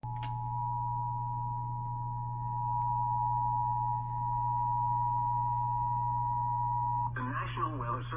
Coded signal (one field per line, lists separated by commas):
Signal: Emergency Alert System (SAME) tones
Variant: 853 and 960 Hz attention tone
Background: speech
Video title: Eas Frw On Wjon Eas#585